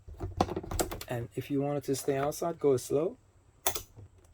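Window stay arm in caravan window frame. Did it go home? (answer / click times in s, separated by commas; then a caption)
yes / 3.7 s. On a Franklin Razor caravan, the window is pushed outward slowly while someone talks, and the friction/ratchet stay arm in the window frame catches with a sharp click at 3.7 s. The window stay seats in its hold position and the window stays open.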